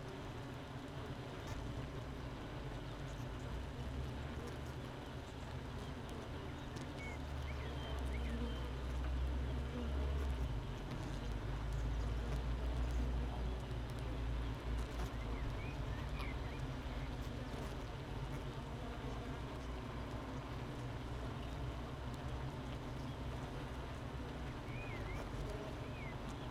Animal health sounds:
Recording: honeybee colony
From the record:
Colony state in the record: missing queen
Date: 31 May 2018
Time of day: 7:44

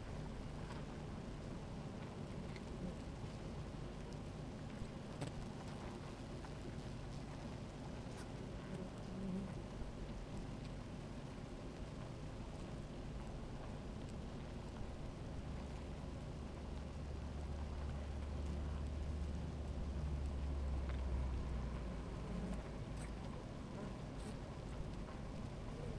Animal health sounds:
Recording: honeybee colony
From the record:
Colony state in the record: active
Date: 28 July 2017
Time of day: 16:45

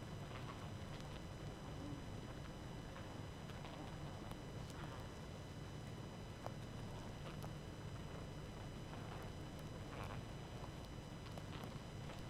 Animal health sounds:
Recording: honeybee colony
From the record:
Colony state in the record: active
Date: 12 June 2018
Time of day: 20:21

